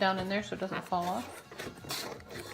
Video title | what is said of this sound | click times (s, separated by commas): Jiffy Pro Greenhouse - planting spring seeds. | Doesn't snap on. | none